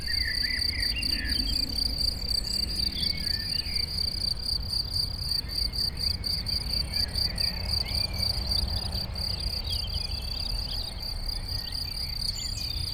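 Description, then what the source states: Steady cricket chorus of high, rapidly pulsed trills, a few bird notes, and a persistent low rumble of passing traffic. Chorus of crickets in a sunny west-facing sloping meadow at Chindrieux, France, with birdsong from surrounding trees and traffic noise from a nearby road.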